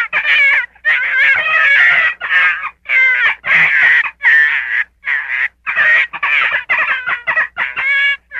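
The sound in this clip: Gray fox calls: harsh, quavering whines and yelps delivered in uneven bursts, some drawn out and wobbling in pitch, with short silent gaps between them.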